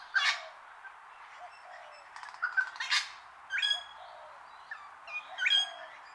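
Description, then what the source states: Wattlebird calls: grating, scratchy squawks alternating with short harmonic yelps, several separate outbursts spread unevenly throughout. A long call.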